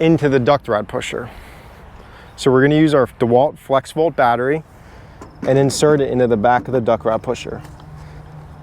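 A DeWalt FlexVolt cordless tool battery pack is being handled for insertion into the battery receiver at the back of a GMP battery-powered duct rod pusher. Someone talks throughout over a low, steady background hum. Nothing has seated or clicked yet by the end of the clip.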